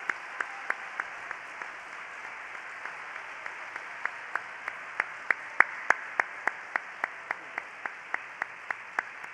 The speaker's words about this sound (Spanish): Yo quiero que si usted cree eso, le dé el aplauso más grande a la presencia de Dios en esta noche.